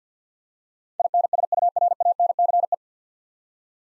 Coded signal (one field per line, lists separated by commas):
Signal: Morse code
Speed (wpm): 50 wpm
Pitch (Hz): 700 Hz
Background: none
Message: INSURANCE